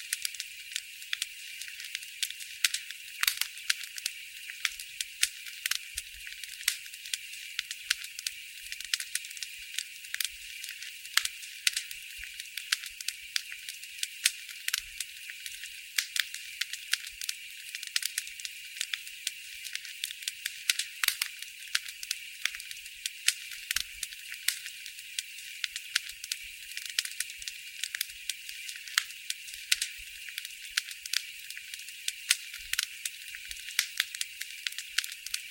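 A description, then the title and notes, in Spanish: A bonfire in a forest crackles steadily for the whole stretch, with dense, quick snaps and pops scattered over a constant bright hiss. Everything sits high and thin, with almost no low rumble. Hoguera en un bosque.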